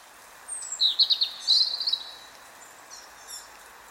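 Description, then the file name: European robin song phrase: a high thin whistle followed by a fast, rippling series of sweet trilled notes for about a second, then a few faint high notes over soft hiss. "Erithacus rubecula"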